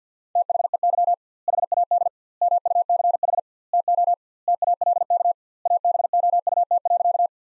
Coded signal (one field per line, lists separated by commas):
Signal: Morse code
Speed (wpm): 50 wpm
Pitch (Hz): 700 Hz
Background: none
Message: THEY HAD MUCH TO TALK ABOUT.